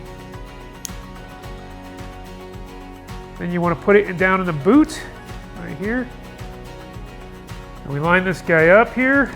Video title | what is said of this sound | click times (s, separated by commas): Honda Goldwing Mirror Removal & Replacement (2018–2025) | We're going to click this in the hole. Make sure our little tabs side is up. You'll hear it click. | 0.9 s